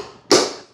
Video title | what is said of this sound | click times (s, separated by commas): Scooter Sensation: Cunfon RZ800 Unboxing Adventure | and it automatically clicks into place I love that | 0.3 s